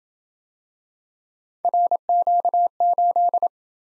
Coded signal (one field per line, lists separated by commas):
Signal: Morse code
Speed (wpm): 28 wpm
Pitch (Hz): 700 Hz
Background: none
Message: RQ8